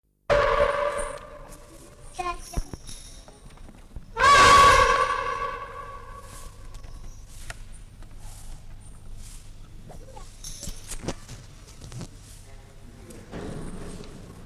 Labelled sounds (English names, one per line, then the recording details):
Asian Elephant
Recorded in captivity
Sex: group
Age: diverse
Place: Zoo Berlin, Berlin, DE
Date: 1958-12-31 13:30
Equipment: Reporter (Vollspur)
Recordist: Tembrock, Günter